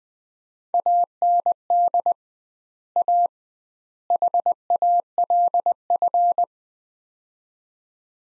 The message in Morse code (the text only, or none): AND A HALF